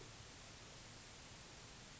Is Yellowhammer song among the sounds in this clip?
no